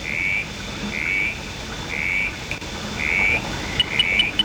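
Northern tinkerfrog calling: short, bright tinking notes repeated roughly once a second, with a few sharp clicks toward the end over a low background hiss.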